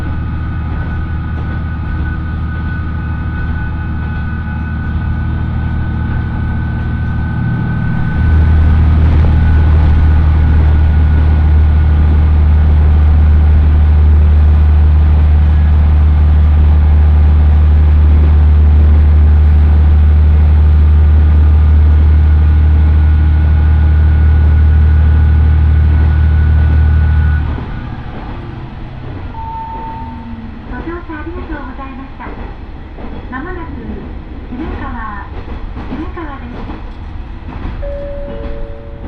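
Onboard a first-morning Oigawa—no, Ōito Line train leaving Itoigawa: a steady low engine drone with a fixed hum. Around eight seconds the engine roars louder and holds strong until about twenty-seven seconds, then drops back to a quieter idle with faint voices and clatter.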